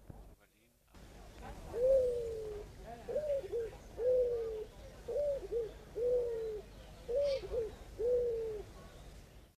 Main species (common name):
White-crowned Pigeon